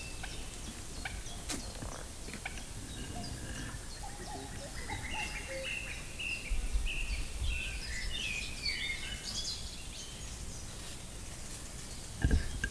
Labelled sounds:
Eurasian Blackcap song
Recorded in the wild
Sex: male
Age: adult
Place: Lübars (Fließtal), Berlin, DE
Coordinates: 52.6167, 13.35
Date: 2000-06-04 13:16
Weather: fair, 27°C
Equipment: Nagra SN, Kopie Uher 4000 Report Monitor
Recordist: Tembrock, Günter

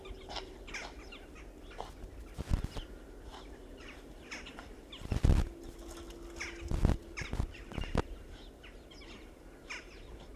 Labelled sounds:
Chinese Water Deer
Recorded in captivity
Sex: male
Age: adult
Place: Tierpark Berlin, Berlin, DE
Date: 1968-12-28 11:00
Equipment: Uher 4200 Report Stereo, Sennheiser MD 421
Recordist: Tembrock, Günter
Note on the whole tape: Lautfolgen beim Sichjagen, wohl vom Bock, einmal auch Folge von Schnauflauten, Jagen zum Teil mit Vorstrecken, einmal auch Anspringbewegung mit Vorstrecken beider Vorderläufe. (Die Lautfolgen entsprechen wohl den von Kirchshofer als "trillernde" Laute beschriebenen.) Abstand: 4-8 m. Aufnahmezeit: 11-13.30 Uhr

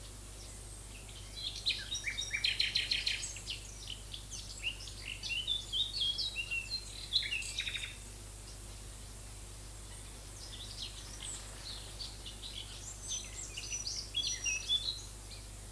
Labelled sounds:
Common Nightingale song
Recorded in the wild
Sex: male
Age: adult
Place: Lübars (Fließtal), Berlin, DE
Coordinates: 52.6175, 13.3625
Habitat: wood
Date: 2004-05-02 12:30
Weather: overcast, 15°C
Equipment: Fair Mate ST-1328 (Asahi Electronics, Japan), Sennheiser ME 80, Kopie Uher 4000 Report Monitor
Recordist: Tembrock, Günter

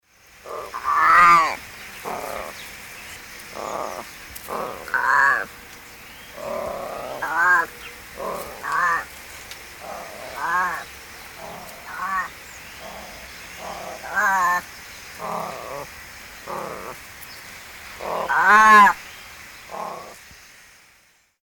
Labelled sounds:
Wildcat
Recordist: Tembrock, Günter
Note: Rufe eines Katers

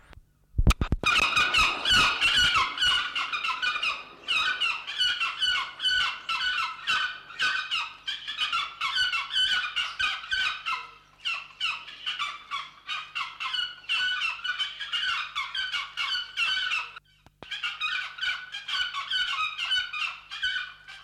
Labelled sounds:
Pallas's Fish Eagle call
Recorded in captivity
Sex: pair
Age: adult
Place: Zoo Berlin, Berlin, DE
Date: 1995-03-04 13:51
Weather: heiter bis wolkig, 1 - 5 °C
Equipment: Marantz CP 130, Sennheiser ME 80, Kopie Uher Variocord 263
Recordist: Tembrock, Günter

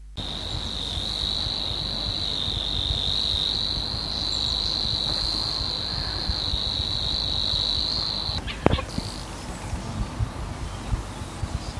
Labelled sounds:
Savi's Warbler
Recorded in the wild
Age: adult
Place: St. Urban, Appenzeller Land, Kärnten, AT
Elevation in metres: 1200
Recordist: Brunner, Thomas

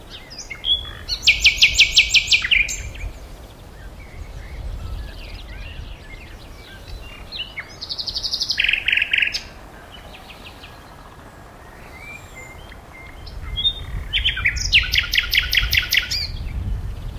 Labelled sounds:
Common Nightingale song
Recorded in the wild
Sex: male
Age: adult
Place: Berlin, OT Blankenfelde, Tegeler Fließ, Berlin, DE
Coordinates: 52.6253, 13.3928
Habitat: heath
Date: 1988-04-30 11:00
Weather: sunny, 16-20°C
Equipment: Nagra SN, Kopie Tesla B 116
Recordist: Tembrock, Günter

